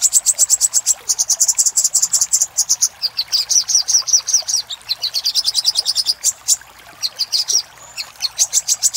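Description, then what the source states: Little spiderhunter: rapid, high chirps in dense runs, shifting pitch between runs, with short pauses near the end. Master recording for training cage birds; labelled labaik.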